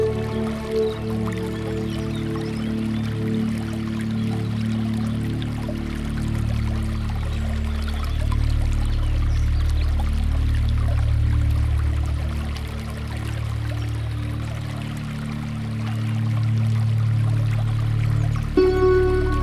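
Water runs steadily through the garden, a dense, continuous pour weighted toward a low, full rumble with a fainter bright hiss above. The flow holds nearly even throughout, swelling slightly in the middle, and a brief change in tone arrives just before the end.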